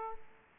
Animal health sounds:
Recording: mosquito wingbeat signal from an infrared sensor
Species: Aedes aegypti

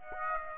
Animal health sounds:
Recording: mosquito wingbeat signal from an infrared sensor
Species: Aedes aegypti

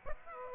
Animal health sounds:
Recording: mosquito wingbeat signal from an infrared sensor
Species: Aedes aegypti

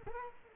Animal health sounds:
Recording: mosquito wingbeat signal from an infrared sensor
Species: Culex quinquefasciatus

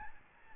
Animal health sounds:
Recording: mosquito wingbeat signal from an infrared sensor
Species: Aedes albopictus

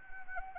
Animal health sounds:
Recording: mosquito wingbeat signal from an infrared sensor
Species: Anopheles arabiensis

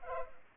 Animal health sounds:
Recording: mosquito wingbeat signal from an infrared sensor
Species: Culex pipiens

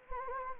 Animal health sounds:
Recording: mosquito wingbeat signal from an infrared sensor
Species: Anopheles gambiae

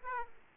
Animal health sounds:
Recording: mosquito wingbeat signal from an infrared sensor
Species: Aedes aegypti

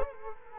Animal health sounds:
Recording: mosquito wingbeat signal from an infrared sensor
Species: Culex quinquefasciatus

